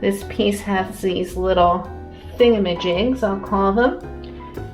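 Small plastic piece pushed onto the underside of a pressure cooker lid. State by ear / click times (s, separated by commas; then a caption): not seated / none. After cleaning, a small plastic piece is being pushed back onto the underside of an 8-quart Instant Pot Duo Evo Plus pressure cooker lid while someone talks over background music. A faint, brief sound comes near 4.2 seconds, but the piece has not snapped into place yet by the end of the clip.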